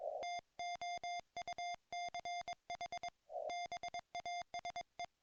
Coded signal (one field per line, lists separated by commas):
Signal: Morse code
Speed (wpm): 24 wpm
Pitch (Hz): 690 Hz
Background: music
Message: TOUCH BASE